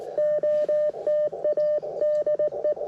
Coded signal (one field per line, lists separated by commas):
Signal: Morse code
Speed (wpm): 19 wpm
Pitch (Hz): 590 Hz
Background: none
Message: OTA DE